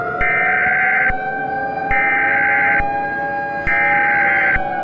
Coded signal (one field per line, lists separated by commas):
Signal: Emergency Alert System (SAME) tones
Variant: header bursts